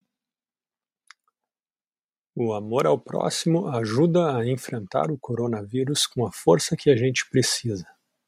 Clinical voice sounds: spoken sentence; Brazilian Portuguese; male; 30 to 39 years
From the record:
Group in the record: control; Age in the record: 38 years

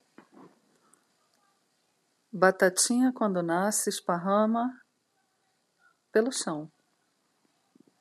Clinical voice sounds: short text; Brazilian Portuguese; female; 50 to 59 years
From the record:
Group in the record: control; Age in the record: 50 years

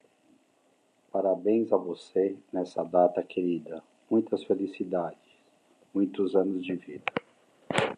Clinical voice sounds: short text; Brazilian Portuguese; male; 50 to 59 years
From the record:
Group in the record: control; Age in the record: 57 years

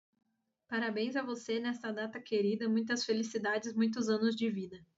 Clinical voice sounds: short text; Brazilian Portuguese; female; 20 to 29 years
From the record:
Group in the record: control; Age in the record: 29 years

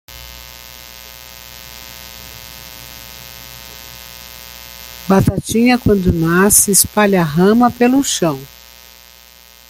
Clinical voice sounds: short text; Brazilian Portuguese; female; 60 to 69 years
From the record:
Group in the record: control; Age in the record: 65 years

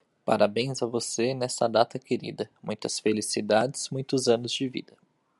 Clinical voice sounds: short text; Brazilian Portuguese; male; 30 to 39 years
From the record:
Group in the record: control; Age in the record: 31 years

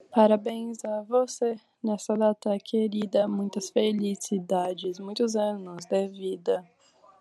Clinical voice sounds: short text; Brazilian Portuguese; female; 18 to 19 years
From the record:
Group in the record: control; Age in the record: 18 years

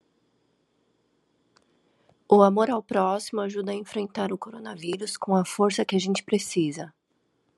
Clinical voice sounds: spoken sentence; Brazilian Portuguese; female; 40 to 49 years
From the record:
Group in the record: control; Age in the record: 41 years

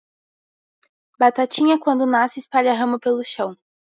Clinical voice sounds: short text; Brazilian Portuguese; male; 20 to 29 years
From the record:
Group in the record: control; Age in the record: 22 years

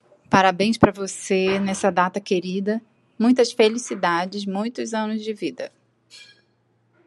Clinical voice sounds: short text; Brazilian Portuguese; female; 50 to 59 years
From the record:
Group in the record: control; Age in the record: 51 years

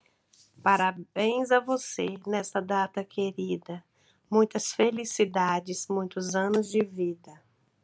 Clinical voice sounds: short text; Brazilian Portuguese; female; 20 to 29 years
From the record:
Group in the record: control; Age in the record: 22 years

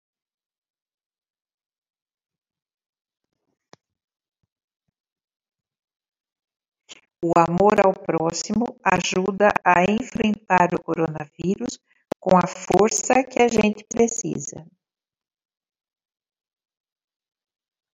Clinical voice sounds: spoken sentence; Brazilian Portuguese; female; 60 to 69 years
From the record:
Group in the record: control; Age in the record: 63 years

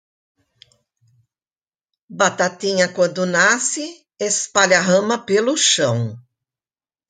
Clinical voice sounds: short text; Brazilian Portuguese; female; 70 to 79 years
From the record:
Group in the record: control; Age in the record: 70 years

